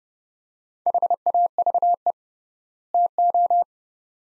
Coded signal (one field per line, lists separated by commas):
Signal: Morse code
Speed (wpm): 31 wpm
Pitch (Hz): 700 Hz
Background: none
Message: HAVE TO